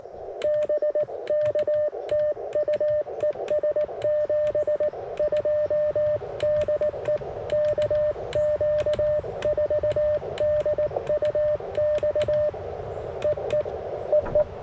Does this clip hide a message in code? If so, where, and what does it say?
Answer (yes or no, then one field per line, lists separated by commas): yes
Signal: Morse code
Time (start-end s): 0.4-14.4 s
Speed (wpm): 19 wpm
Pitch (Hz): 590 Hz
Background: none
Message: BK TU ES 72 DE KQ4DUX EE EE